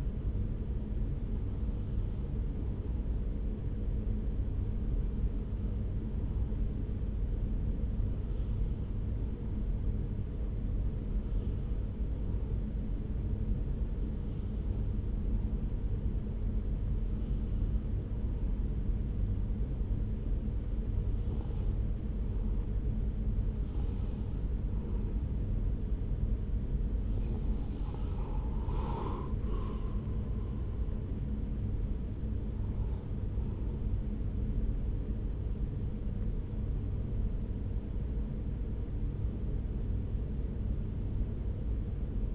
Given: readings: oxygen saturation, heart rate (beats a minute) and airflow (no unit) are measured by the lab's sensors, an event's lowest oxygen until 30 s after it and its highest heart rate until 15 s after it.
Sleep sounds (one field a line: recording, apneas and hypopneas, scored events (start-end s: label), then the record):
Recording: breathing in sleep by a smartphone at the bedside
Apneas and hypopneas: 1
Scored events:
4.00-27.60 s: hypopnea (N2, oxygen 94% highest, then 93% lowest)
40.00-42.35 s: new sleep stage, N1 (lightest sleep)
From the record:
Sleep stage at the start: N2 (light sleep)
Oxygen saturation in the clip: 93 to 94%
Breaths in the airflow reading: 10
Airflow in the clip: -4.5 to 4.8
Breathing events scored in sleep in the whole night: 335 in 6.7 hours asleep